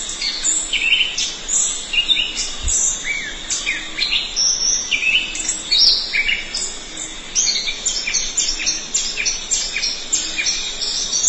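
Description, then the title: Thrush song: a dense, continuous run of varied chirps, short whistles and trills, mostly high-pitched. "burung anis x"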